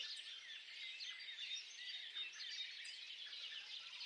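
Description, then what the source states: Birds in a dense chorus: many overlapping chirps and twitters blending into a steady, busy wash of high-pitched song. Birds singing at dawn.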